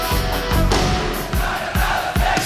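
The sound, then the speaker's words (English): A large crowd screams and cheers in a loud, continuous roar, with a steady, rhythmic low thumping pulsing beneath the noise about twice a second. “Let's hear it. Scream it out.”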